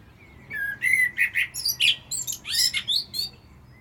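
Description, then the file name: Common blackbird song: a fluty opening note followed by a rapid burst of high, squeaky, twittering notes. "Turdus merula"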